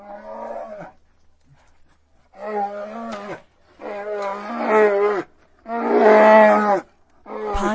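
Bear roaring in a series of wavering, tonal bellows that build in loudness, the fourth call loudest, separated by short silences.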